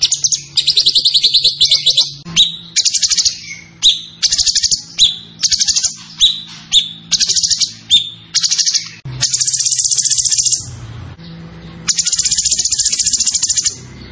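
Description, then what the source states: Zebra Finch song in quick high buzzy bursts, each under a second, repeated with short gaps before longer continuous trills near the end. Master recording for training cage birds; the bird is described as gacor (singing constantly).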